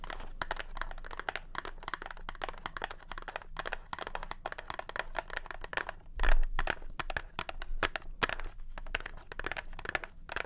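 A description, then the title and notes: Tapping in quick, irregular bursts, a dense run of sharp clicks and light crinkly taps that never settles into a steady beat. Around six seconds a louder, heavier knock stands out with a low thump beneath it, then the rapid tapping continues. Tapping.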